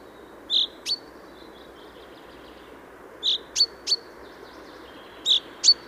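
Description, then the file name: Common chaffinch uttering brief high call notes in small clusters, a softer blurred note followed by sharp clicks, with long quiet gaps between. "Fringilla coelebs"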